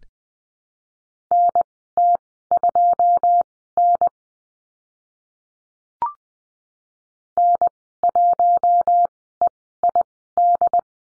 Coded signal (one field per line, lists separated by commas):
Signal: Morse code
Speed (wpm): 20 wpm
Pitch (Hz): 700 Hz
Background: none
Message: NT2N N1EID